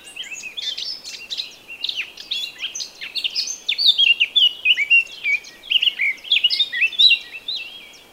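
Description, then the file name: Eurasian blackcap song: a soft subdued twitter swelling into a rich, fast warble of varied whistled and scratchy notes. "Sylvia atricapilla"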